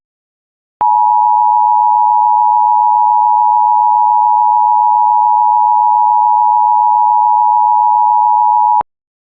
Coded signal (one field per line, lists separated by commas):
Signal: Emergency Alert System (SAME) tones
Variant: 853 and 960 Hz attention tone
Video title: EAS Mock: Michigan RMT (Requested)